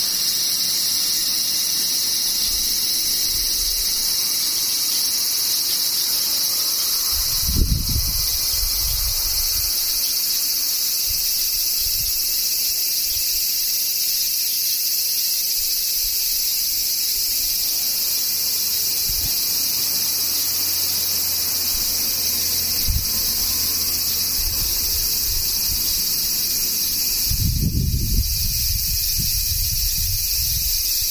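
Cicadas fill the air with a dense, steady, high-pitched buzz that holds unbroken for the whole stretch, with several bright bands layered together. Low rumbles rise and fade around eight seconds and again near twenty-eight, like something passing, plus a faint thump near twenty-three.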